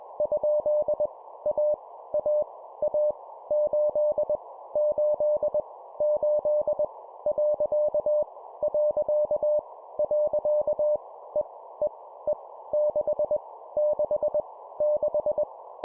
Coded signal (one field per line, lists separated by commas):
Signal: Morse code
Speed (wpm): 21 wpm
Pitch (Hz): 600 Hz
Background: none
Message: ? A A A 8 8 8 . . . E E E 6 6 6